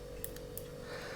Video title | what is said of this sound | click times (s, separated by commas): Victure PC750 security Camera Connecting to WiFi & IPC360 App | So that's clicked into place. | 0.2 s